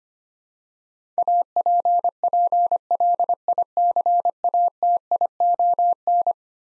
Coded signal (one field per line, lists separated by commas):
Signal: Morse code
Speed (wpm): 25 wpm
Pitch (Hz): 700 Hz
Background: none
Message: APPLICATION